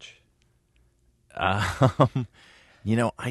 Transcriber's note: soundbite of laughter